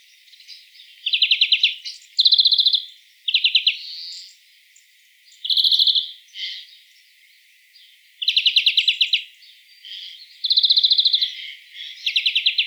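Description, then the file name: European greenfinch delivering a series of rapid buzzy trills, some paired in quick succession, with brief twittering notes in between. "Chloris chloris"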